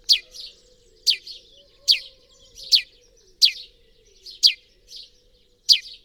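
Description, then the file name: House sparrow chirping, seven sharp loud notes roughly a second apart, with softer chirps in between. "Passer domesticus"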